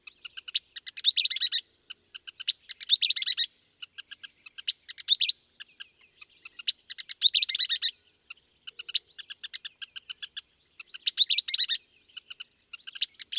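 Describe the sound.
Western kingbird with repeated spluttering chatter bursts and sharp, clipped single notes in between, all high-pitched.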